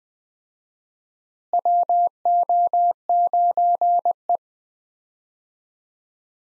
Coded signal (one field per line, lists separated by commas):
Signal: Morse code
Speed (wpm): 20 wpm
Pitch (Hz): 700 Hz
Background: none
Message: WO9E